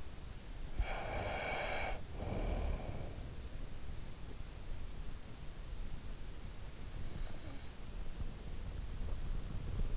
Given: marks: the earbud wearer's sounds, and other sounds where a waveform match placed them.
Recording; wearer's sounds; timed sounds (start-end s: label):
sounds in sleep by an in-ear microphone; breath
0.00-3.77 s: breath